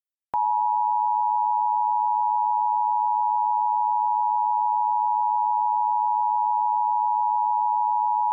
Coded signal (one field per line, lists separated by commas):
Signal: Emergency Alert System (SAME) tones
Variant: 853 and 960 Hz attention tone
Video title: EAS Mock Monday S1 Ep7: Two People Read a Tornado Warning (V2)